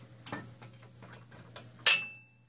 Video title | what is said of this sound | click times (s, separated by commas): Harbor Freight drywall lift hoist 69377 Tool unboxing and review | that snap you can see up underneath | 1.9 s